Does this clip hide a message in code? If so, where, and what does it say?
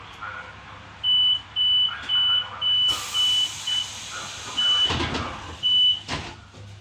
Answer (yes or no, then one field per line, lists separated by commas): no